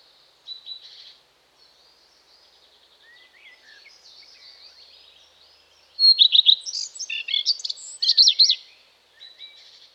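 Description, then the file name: Common redstart song: a few high notes early, soft notes after, then a loud burst of rapid varied notes and chirps around six to nine seconds, ending with soft twitters. "Common Redstart (Phoenicurus phoenicurus)"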